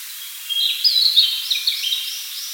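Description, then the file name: Narcissus flycatcher delivering one short, rapid phrase of high whistled notes that jump up and down in pitch. "Ficedula narcissina"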